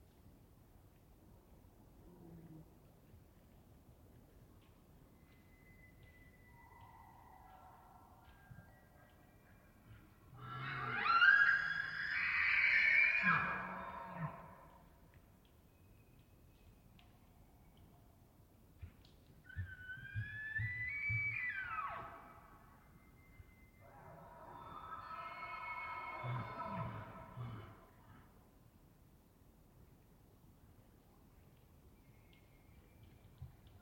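Bull elk bugle in three loud calls, around 10–14 seconds, 19–22 seconds and 24–28 seconds, each a high rising whistle over low grunting roars. Between calls it is quiet apart from faint whistles and a soft low rumble.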